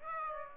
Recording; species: mosquito wingbeat signal from an infrared sensor; Aedes aegypti